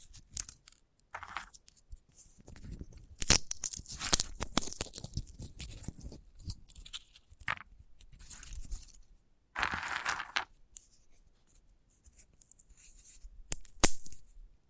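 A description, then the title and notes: Dry crackling and scratching from a sunflower head, with sharp crisp clicks and crunches in dense clusters between about three and seven seconds. A brief rustling scrape comes near ten seconds, then near-silence before a few last snapping clicks around fourteen seconds. ASMR of a Sunflower Head (No Talking).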